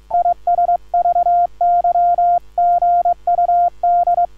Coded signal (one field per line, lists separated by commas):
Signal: Morse code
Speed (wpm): 22 wpm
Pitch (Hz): 1400 Hz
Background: none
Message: IS VY GUD